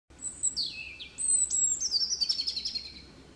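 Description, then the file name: European robin singing a high, thin phrase of sliding whistles that dips then jumps up, ending in a rapid twittering trill. "Erithacus rubecula"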